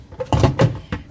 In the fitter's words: it in there and then I push down and twist and it locked into place so now I can't have